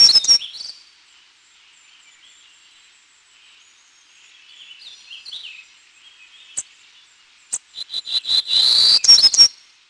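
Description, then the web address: Townsend's Warbler song: after the tail of a song and quiet twittering, a burst of high, buzzy notes that climb in pitch toward the end. "Peterson North American Birds"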